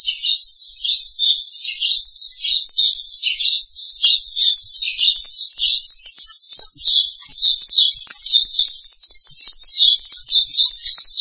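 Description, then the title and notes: Starling delivering a long, unbroken run of high chattering notes that wander up and down in pitch, steady in loudness throughout. "suara burung jalak"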